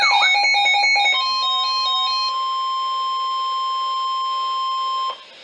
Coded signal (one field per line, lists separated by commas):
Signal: Emergency Alert System (SAME) tones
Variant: 1050 Hz attention tone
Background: music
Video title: {RARE} EAS #1040 - TORNADO WARNING FOR MY COUNTY 5-16-2015